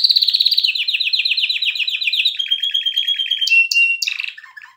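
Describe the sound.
Canary delivering a fast rolling trill that slowly descends, ending with a steady whistled note and a few sharp high chips.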